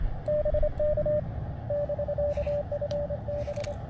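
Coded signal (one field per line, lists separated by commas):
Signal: Morse code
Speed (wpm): 25 wpm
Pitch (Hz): 580 Hz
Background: radio noise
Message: BK <BK>FB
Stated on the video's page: CW SOTA activation with an Elecraft KX2, Spooltenna Ultra antenna and Palm Pico paddle.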